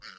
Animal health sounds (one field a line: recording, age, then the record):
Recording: pig call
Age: piglet (1 to 25 days)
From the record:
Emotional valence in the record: positive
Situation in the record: reunion after long isolation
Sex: female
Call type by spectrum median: high-frequency call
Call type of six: low-frequency tonal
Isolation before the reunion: 8 minutes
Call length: 0.19 s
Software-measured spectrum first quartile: 1517 Hz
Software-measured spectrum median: 2748 Hz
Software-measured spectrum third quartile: 4597 Hz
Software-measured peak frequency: 1382 Hz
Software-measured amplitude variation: 124 dB a second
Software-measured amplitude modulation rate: 13.0 a second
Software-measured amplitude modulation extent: 9.6 dB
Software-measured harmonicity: 0.7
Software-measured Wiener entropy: -1.66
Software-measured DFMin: 1452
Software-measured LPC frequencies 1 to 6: 1412, 1948, 2968, 4344, 4642, 5208 Hz